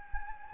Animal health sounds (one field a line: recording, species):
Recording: mosquito wingbeat signal from an infrared sensor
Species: Anopheles gambiae